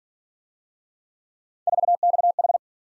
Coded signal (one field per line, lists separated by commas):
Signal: Morse code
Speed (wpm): 49 wpm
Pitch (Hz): 700 Hz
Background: none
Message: 4XH